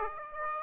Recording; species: mosquito wingbeat signal from an infrared sensor; Aedes aegypti